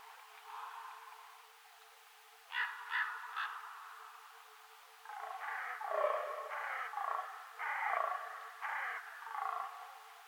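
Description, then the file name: Common raven calls: three quick hoarse croaks, a pause, then a looser series of rough, nasal calls over the last five seconds. Ravens recorded in Schorfheide on 7 November 2015. "Kolkraben und Damhirsch Schorfheide"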